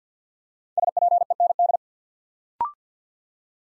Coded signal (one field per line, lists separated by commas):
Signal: Morse code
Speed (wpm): 48 wpm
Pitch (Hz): 700 Hz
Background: none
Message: SPEND